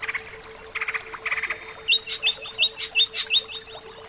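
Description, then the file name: Greater green leafbird calls: short buzzy bursts, then several crisp chips in quick even succession, over a low hum. Bird training (terapi). "terapi cucak ijo"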